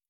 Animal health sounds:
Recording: hydrophone in a shrimp aquaculture tank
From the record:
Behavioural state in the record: stressed

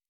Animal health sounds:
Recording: hydrophone in a shrimp aquaculture tank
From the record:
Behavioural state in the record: normal

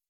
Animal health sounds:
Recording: hydrophone in a shrimp aquaculture tank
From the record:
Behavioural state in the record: weakened

